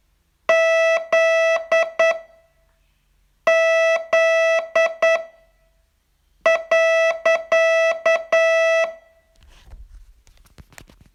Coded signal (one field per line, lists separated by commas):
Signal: Morse code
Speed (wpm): 9 wpm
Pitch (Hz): 660 Hz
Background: none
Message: Z Z .